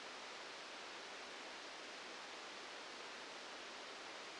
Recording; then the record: brain microelectrode recording played as sound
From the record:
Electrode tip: outside the subthalamic nucleus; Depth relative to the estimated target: -8 mm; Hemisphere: right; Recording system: NeuroSet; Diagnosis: Parkinson's disease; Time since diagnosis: 8 years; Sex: male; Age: 59 years